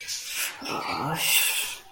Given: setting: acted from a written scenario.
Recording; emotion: vocal sound without words; anger